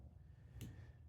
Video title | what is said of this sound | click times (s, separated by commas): (Tutorial) How to Replace Rear Wiper Blade on a Mazda3 2019-2026 | You'll hear a little click when it's good. | 0.6 s